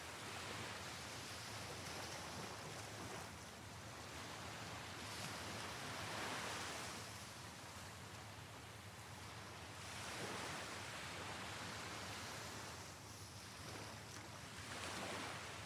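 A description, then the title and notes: Water on a tropical beach rolls in as a steady, dense wash of surf, swelling and easing every few seconds, with fuller surges around six and thirteen seconds. A low rumble and some wind buffeting sit underneath, and the sound stays continuous throughout. Sounds of Nature: A Tropical Beach. The sound of the water on a tropical beach.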